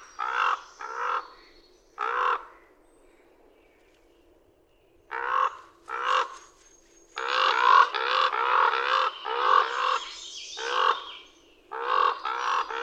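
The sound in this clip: Common raven producing bursts of harsh croaks, some quick and clipped, others run together into rough, overlapping sequences, with a silent gap midway.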